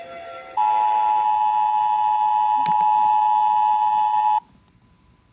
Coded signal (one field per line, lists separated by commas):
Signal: Emergency Alert System (SAME) tones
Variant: 853 and 960 Hz attention tone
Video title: Cbeebies EAS Alert. (Prank for you to use.